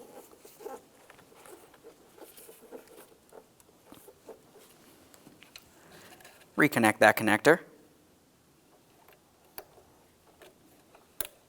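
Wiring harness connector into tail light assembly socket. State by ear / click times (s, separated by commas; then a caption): seated / 11.2 s. A wiring harness connector is pushed back onto the plastic connector of a new performance tail light assembly on a 2000-2006 Chevrolet Tahoe while someone talks. Soft handling taps and a loud, dense burst of rustling noise around 6.6–7.6 s come before a sharp, bright latch click at 11.2 s. The connector is seated.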